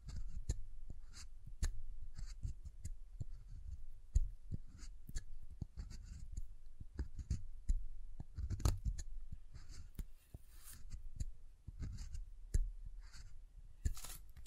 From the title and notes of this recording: ASMR SoftHard Soap Tapping and Carving (No Talking).